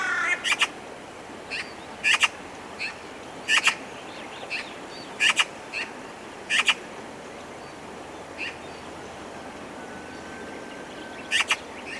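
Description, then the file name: Eurasian magpie giving harsh, clipped notes, mostly in pairs, at uneven intervals, then a pause before a final pair, over constant background hiss. "Pica pica"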